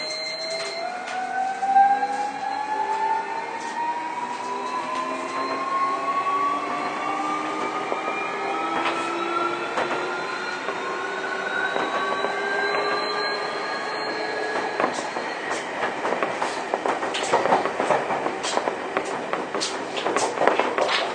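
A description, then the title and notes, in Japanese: A Keio 1000 series train pulls away, its motor whine climbing steadily as several stacked tones rise in pitch over the first fifteen seconds. The whine then fades into a denser running rumble with frequent clicks from the rails, growing slightly louder toward the end. 京王1000系 渋谷〜吉祥寺。急行運用を録音しました。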